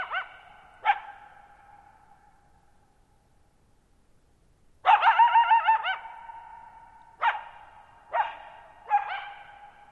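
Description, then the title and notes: Coyote giving quavering, yodel-like howls and short yips, a long wavering burst midway followed by several quick sharp calls, each ringing out with long reverberation. Lone coyote, referred to as female, ululation vocalization; Thirtymile Meadows, Okanogan National Forest (Okanogan High Country), Pacific Northwest, 6400 ft, night of July 14, 2019; vocalized nearly 50 minutes in a meadow bowl. "Thirtymile Meadows in the Okanogan National Forest at 6400 ft (1950 m). The area is known as the Okanogan High Country"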